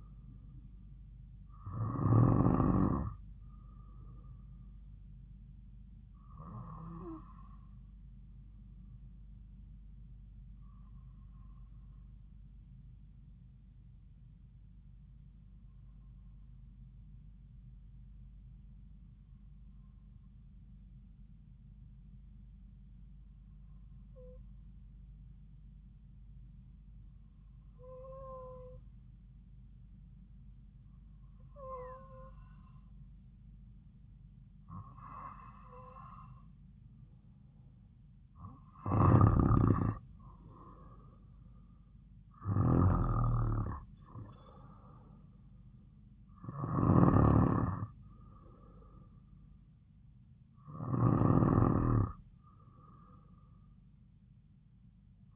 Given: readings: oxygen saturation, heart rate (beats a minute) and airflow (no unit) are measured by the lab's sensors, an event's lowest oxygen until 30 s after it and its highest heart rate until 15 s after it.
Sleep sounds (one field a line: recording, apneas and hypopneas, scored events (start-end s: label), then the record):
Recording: breathing in sleep by a smartphone at the bedside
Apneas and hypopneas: 1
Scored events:
14.00-36.10 s: hypopnea (N2, oxygen 96% highest, then 91% lowest)
From the record:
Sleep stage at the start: N2 (light sleep)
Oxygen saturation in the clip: 91 to 96%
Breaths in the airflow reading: 13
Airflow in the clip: -5.8 to 7.6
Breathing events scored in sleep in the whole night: 270 in 6.1 hours asleep